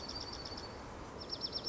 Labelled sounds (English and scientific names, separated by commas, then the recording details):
Dark-eyed Junco (Junco hyemalis)
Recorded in Sonoma County, California